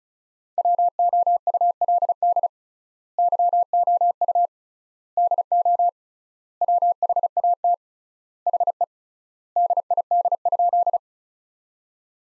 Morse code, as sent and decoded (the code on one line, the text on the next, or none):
.-- --- ..- .-.. -.. / -.-- --- ..- / -.. --- / .-- .... .- - / .... . / -.. .. -.. ..--..
WOULD YOU DO WHAT HE DID?